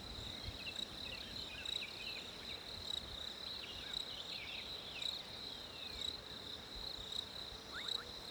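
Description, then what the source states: Cricket producing a constant shrill trill, with scattered faint bird chirps. Winter ambience.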